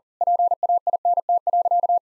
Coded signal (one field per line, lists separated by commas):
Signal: Morse code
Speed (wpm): 40 wpm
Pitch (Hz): 700 Hz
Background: none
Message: PAINT.